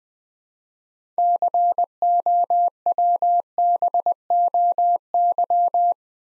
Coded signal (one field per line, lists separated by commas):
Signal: Morse code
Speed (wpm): 20 wpm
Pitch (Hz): 700 Hz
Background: none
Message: COWBOY